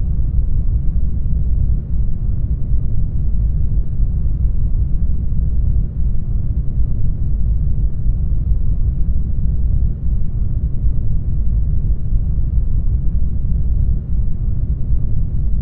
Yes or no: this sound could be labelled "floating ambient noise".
yes